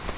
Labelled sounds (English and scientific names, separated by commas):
Grace's Warbler (Setophaga graciae) flight call